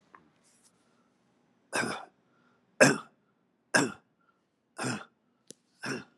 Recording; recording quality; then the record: shallow voluntary cough; moderate, slight background noise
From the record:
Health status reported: exposed to COVID-19, no respiratory illness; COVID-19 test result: negative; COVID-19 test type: RT-PCR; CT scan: taken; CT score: 12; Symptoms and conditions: cold, hypertension, diabetes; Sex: male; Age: 76 years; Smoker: no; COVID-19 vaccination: both doses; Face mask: worn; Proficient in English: yes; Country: India